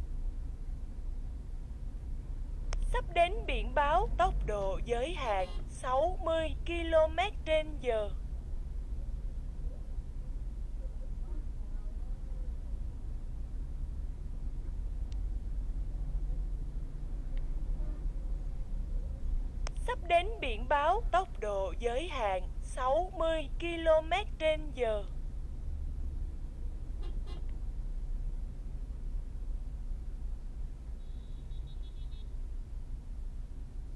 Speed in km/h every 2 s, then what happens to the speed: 14, 21, 21, 17, 14, 13, 11, 11, 14, 14, 12, 11, 11, 13, 12, 7, 0.
0-2 speeds up to 21. 4-12 slows to 11. 12-27 steady at about 11. 27-34 slows to 0.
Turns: none.